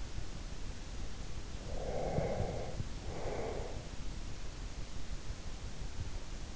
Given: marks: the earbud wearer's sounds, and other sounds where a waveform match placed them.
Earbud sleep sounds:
sounds in sleep by an in-ear microphone; breath
1.67-3.98 s: breath

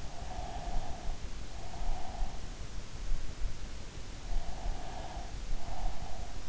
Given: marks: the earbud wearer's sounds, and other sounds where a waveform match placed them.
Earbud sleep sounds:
sounds in sleep by an in-ear microphone; breath
0.38-2.64 s: breath
4.29-6.49 s: breath

